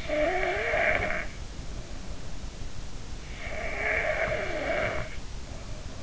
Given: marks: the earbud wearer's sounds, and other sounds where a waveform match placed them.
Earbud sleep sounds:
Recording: sounds in sleep by an in-ear microphone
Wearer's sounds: snoring breath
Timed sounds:
0.00-2.49 s: snoring breath
3.54-5.13 s: snoring breath

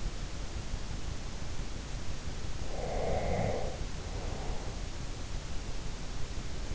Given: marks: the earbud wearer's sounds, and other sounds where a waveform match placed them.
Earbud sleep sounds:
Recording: sounds in sleep by an in-ear microphone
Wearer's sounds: breath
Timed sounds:
2.64-4.73 s: breath

